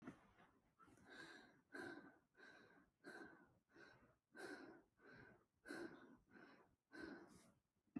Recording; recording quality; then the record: shallow breathing; excellent, no background noise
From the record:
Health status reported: healthy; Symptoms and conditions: none ticked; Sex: female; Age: 29 years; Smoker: not ticked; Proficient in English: yes